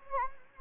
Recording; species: mosquito wingbeat signal from an infrared sensor; Anopheles gambiae